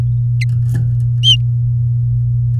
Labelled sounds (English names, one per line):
Domestic Canary song